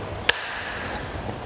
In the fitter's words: To unlock it, you raise it up. There's a nice, satisfying click.